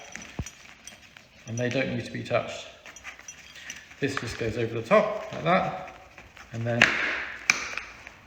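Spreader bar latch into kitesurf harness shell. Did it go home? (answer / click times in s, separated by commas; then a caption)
yes / 7.5 s. Someone talks while the hook system of a spreader bar is swung over the top of a Mystic hardshell kitesurf waist harness and latched into its hardshell mount. A sharp, ping-like click sounds at 7.5 s as the spreader bar latch locks in place.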